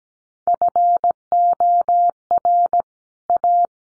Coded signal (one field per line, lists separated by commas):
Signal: Morse code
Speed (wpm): 17 wpm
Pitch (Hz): 700 Hz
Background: none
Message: FOR A